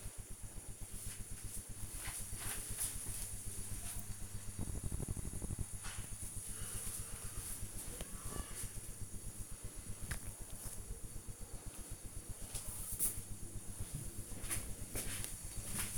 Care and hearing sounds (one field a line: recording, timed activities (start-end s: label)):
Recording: household activities, microphone on the right wrist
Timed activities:
none